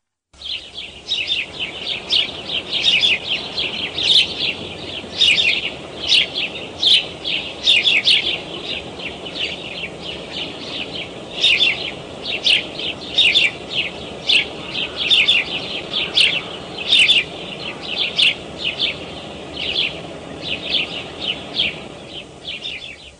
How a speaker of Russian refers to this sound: Воробьи.